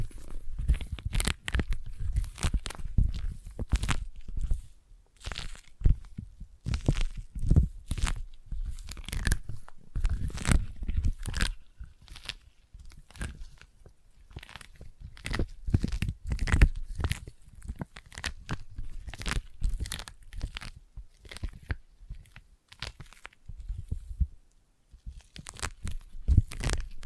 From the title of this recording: Intense Sticky Tapping and Sticky Triggers